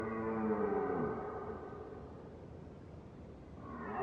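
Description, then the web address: Red deer roar fading out: a harmonic, moaning tone slides down and dies away within about a second and a half, leaving a steady low rumble. Red deer recorded at far distance, mid-side stereo recording. "Ivo Vicic - Red Deer and Roe Deer"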